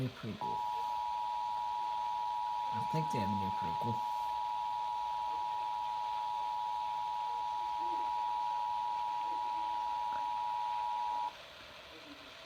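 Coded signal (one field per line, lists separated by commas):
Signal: Emergency Alert System (SAME) tones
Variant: 853 and 960 Hz attention tone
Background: speech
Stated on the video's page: Required Monthly Test relayed at 1:10 AM, caught from a New York City radio station.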